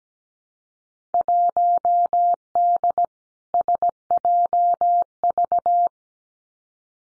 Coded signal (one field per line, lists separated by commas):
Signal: Morse code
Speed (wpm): 17 wpm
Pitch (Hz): 700 Hz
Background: none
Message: 1D SJV